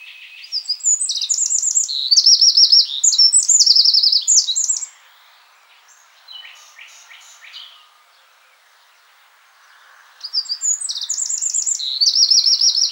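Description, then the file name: Eurasian wren pouring out loud, high, rapid trills and buzzy rattling phrases, pausing briefly midway for softer notes, then resuming the energetic trilling. "Troglodytes troglodytes"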